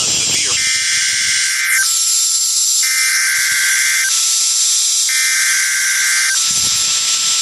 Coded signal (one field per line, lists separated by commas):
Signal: Emergency Alert System (SAME) tones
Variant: header bursts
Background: speech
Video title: Another EAS Video that is not in Chicago... (EAS 161-163) 6/14/23